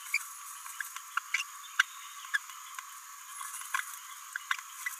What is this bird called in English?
Green-rumped Parrotlet